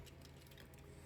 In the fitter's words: And that Oh, sorry. And that locks it in place.